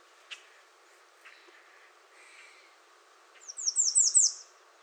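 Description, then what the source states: American redstart singing a quick run of five high, sharply down-slurred notes near the end, after a few soft chips and bird sounds. Recorded 21 June 2019.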